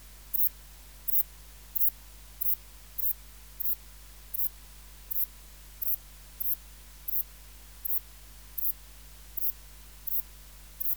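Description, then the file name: Saddle-backed bush-cricket delivering a regular run of brief, very high, buzzy chirps against faint continuous hum. "Ephippiger cruciger"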